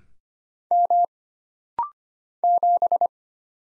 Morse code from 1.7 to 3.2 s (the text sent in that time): 7